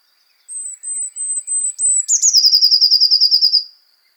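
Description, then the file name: Eurasian blue tit song, opening with four or five thin high whistled notes, then a rapid ringing trill of repeated notes lasting over a second. "Cyanistes caeruleus"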